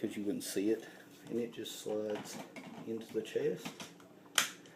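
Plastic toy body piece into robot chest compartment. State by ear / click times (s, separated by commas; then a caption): seated / 4.4 s. Someone talks while the plastic main body piece of a dragon toy slides into the chest compartment of a combining robot toy. It clicks into place with a sharp snap at 4.4 s.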